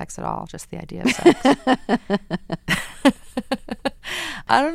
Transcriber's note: laughter